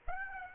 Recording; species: mosquito wingbeat signal from an infrared sensor; Aedes aegypti